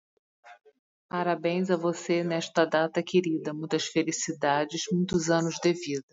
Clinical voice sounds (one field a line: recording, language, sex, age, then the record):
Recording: short text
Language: Brazilian Portuguese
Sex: female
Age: 50 to 59 years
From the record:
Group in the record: control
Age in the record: 54 years